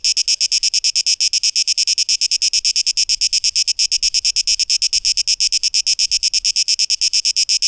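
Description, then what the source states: Cicada song of bright, rasping pulses at a brisk, even pace, with a faint low rumble beneath. 12 August 2023.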